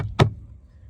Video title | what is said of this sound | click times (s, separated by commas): 2022-2026 Honda Civic Cabin Air Filter Replacement #new #honda | you'll hear them snap. Boom. | 0.2 s